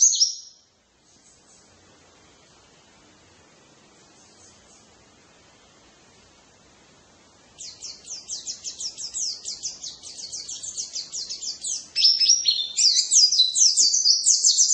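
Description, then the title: White-eye song: after a single high note and a long quiet pause, a fast high chatter of sliding twittering notes starts and builds louder toward the end. "pleci"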